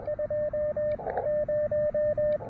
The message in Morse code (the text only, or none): 20